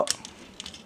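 A plastic backpack panel on a Dream Star Toys DST Transformers robot figure (大无畏, 黑袭战者) is pressed closed into the robot body, giving sharp plastic clicks at 0.1 s and 0.6 s, with fainter ticks near 0.25 s and 0.66 s. The panel ends up clipped shut and locked in place.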